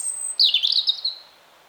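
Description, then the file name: European robin song: a thin high whistle drops into a brief, rich warbled flourish that fades away. "Erithacus rubecula"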